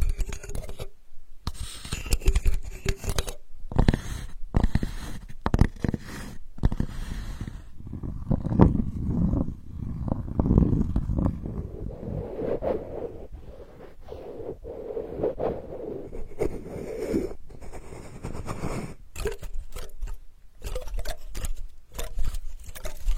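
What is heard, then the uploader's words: Sandalwood being tapped and handled, with sharp dry knocks scattered irregularly through the first several seconds and again near the end. In the middle stretch the taps thin out and a low, rough rubbing or scraping sound takes over, rising and falling unevenly. Healing sandalwood tapping experience SPA.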